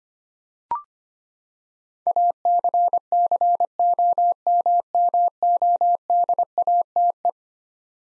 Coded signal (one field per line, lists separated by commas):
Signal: Morse code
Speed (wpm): 25 wpm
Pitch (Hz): 700 Hz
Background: none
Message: ACCOMMODATE